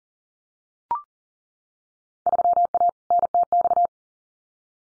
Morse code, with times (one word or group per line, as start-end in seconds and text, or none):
2.3-2.9 3A
3.1-3.9 NTX